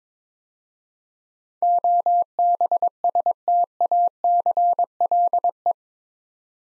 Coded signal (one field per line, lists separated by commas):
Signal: Morse code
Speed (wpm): 22 wpm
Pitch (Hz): 700 Hz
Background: none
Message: OBSTACLE